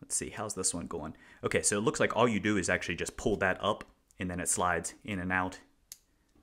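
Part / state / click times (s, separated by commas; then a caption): toolless extension slider in a metal watch bracelet clasp / seated / 5.9 s. Someone talks while working the toolless micro-adjust extension on the metal bracelet clasp of a Zelos Spearfish GMT watch, pulling it up and sliding it in and out. At 5.9 s a sharp click is heard as the clasp snaps back down and the extension locks into place.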